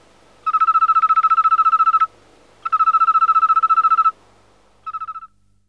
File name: Oecanthus pelluscens